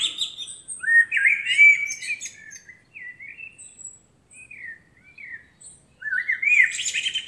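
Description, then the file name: Common blackbird song with a rich fluty phrase and high twitter, then softer scattered warbled notes before another loud phrase begins near the end. "Turdus merula"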